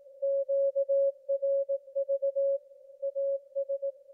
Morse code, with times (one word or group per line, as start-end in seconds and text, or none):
0.2-2.6 QRV
3.0-3.9 AS